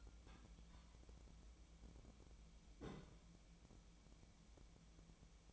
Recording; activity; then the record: daily activity, microphone in the room; take from stove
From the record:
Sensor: 1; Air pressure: 1010.0 hPa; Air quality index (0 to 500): 186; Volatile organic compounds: 16 ppm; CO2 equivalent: 2562 ppm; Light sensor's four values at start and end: 38/98/41/50 and 38/98/41/50